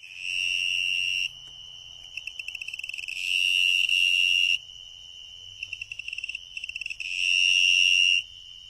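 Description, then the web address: Two-spotted tree cricket trilling: long, steady, high buzzy trills lasting one to two seconds, separated by softer stuttering pulses, over a faint low hum. North America. "Songs of Insects. Two-spotted Tree Cricket"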